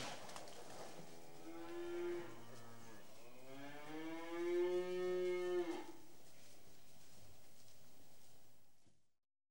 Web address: The BBC Sound Effects Library. Cattle